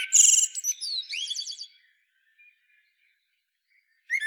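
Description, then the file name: Common blackbird calls: a harsh, buzzy burst with stacked high notes for under two seconds, then near silence until a fresh note starts at the very end. "Turdus merula"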